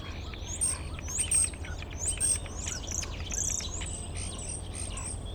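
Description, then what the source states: Common starling song, a series of high whistles with buzzy rasping notes, over low steady background noise. Starlings outside a window in rural Goworów, Poland, mimicking other bird species rather than car alarms; recorded with Zoom F4 and AT BP4025.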